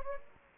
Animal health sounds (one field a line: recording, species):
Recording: mosquito wingbeat signal from an infrared sensor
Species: Anopheles gambiae